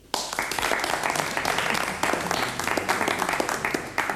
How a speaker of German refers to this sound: Beifall für Monsignore Rodolfo Castellani.